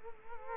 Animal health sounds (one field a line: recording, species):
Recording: mosquito wingbeat signal from an infrared sensor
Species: Culex quinquefasciatus